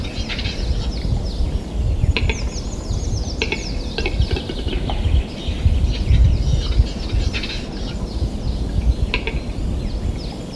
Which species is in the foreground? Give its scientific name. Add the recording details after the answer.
Tetrao urogallus. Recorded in the wild. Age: adult. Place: Mirnock, Kärnten, AT. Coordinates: 46.758, 13.714. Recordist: Brunner, Thomas